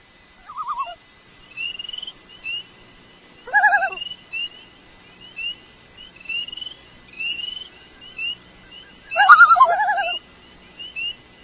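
Loon calls, short wavering tremolo notes heard three times, the last loudest, over a steady background of faint high chirps from small birds.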